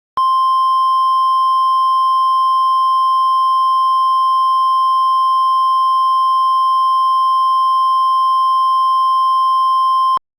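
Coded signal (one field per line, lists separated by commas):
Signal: Emergency Alert System (SAME) tones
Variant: 1050 Hz attention tone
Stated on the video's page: Mock EAS alert, not a real broadcast.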